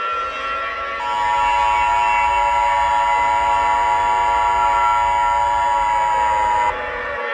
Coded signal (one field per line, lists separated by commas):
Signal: Emergency Alert System (SAME) tones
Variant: 853 and 960 Hz attention tone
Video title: EAS SCENARIO 4: Tacodile Attack